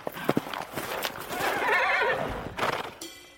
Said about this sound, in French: Un hennissement lointain lui répond. Un instant plus tard, Ablut, son fidèle poney, arrive au galop.